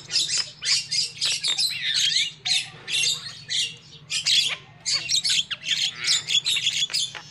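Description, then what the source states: Lovebird squawks come in harsh, shrill bursts, bunched in quick volleys with brief gaps, over a constant low background hum. Lovebird calls used as a lure for trapping.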